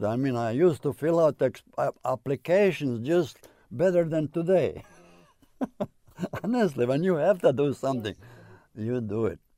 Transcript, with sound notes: I used to fill out applications, just better than today. (he laughs) Honestly, when you have to do something, you do it.